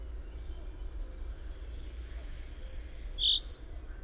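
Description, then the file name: Great tit call: a single phrase late on of two sharp, high slurred notes, a thin whistle and a lower clipped note, with quiet low background noise. "Parus major"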